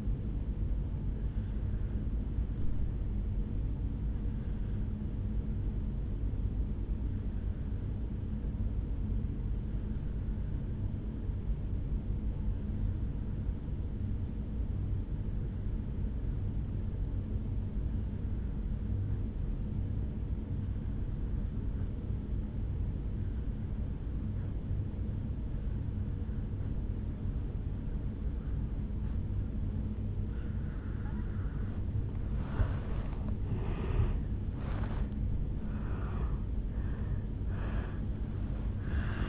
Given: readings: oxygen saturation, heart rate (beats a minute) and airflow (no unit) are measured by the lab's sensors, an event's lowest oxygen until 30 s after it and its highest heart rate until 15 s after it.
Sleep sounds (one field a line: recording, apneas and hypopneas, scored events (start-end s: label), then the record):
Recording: breathing in sleep by a smartphone at the bedside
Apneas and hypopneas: 1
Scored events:
4.00-32.90 s: obstructive apnea (N2, oxygen 97% highest, then 82% lowest, heart rate 55 at the start, 77 highest)
29.00-39.29 s: new sleep stage, N1 (lightest sleep)
From the record:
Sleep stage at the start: N2 (light sleep)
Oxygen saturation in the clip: 83 to 97%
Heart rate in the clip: 54 to 76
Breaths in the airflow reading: 4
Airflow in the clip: -12.2 to 11.7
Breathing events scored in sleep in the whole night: 449 in 7.0 hours asleep